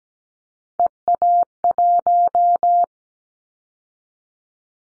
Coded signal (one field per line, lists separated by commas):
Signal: Morse code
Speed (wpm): 17 wpm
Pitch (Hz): 700 Hz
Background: none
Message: EA1